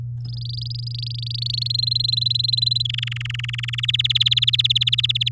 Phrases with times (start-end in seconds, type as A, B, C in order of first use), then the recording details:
0.25-1.68 A, 1.70-2.82 B, 2.85-3.80 C, 3.83-5.29 D. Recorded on 9 May 2018 at 11:10. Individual llb16